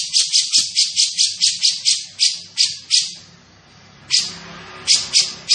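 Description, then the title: Grey-cheeked bulbul giving a fast run of rasping notes, then a quiet pause, followed by a few more spaced harsh notes. Described as gacor (actively vocal), with a dense, clear voice. "Cucak Jenggot Gacor 1. Cucak Jenggot Gacor, Suara Rapat Dan Jernih"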